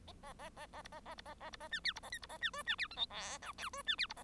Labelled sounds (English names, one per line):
Bengalese Finch song